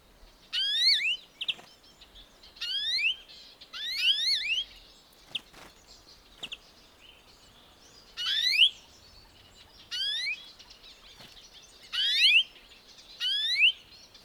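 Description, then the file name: European greenfinch rising wheezy calls, given in irregular bursts with some short sharp clicks and brief thin notes between them. "Chloris chloris"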